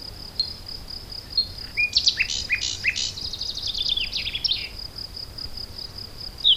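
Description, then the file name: Common nightingale song: a burst of varied sharp notes and short whistles after a quiet start, ending in a high chip, over a steady high insect-like hum. "Luscinia megarhynchos"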